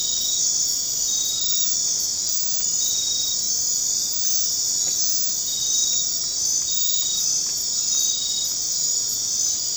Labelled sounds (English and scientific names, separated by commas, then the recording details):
none
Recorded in dense forest near Puerto Asís, Putumayo, Colombia, on 24 March 2025 at 23:30
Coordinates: 0.500, -76.322
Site GP06